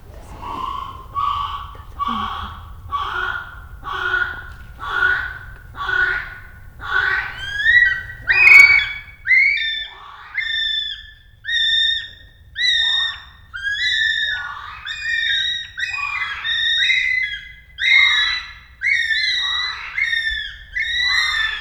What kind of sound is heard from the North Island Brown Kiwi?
duet